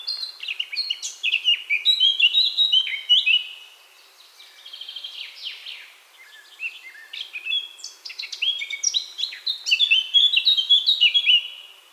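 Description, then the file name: Eurasian blackcap singing three bursts of rapid warbling, each with bright whistled notes and sharp rising flourishes, separated by short pauses. "Sylvia atricapilla"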